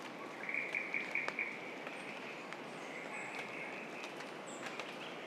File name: Ischnocnema holti